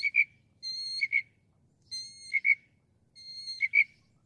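Northern mockingbird song: a clear, level whistle ending in two sharp accented notes, given three times, with faint low background rumble.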